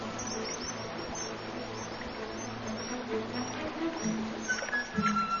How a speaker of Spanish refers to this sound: Estos mirlos son los únicos pájaros cantores que pueden nadar y bucear.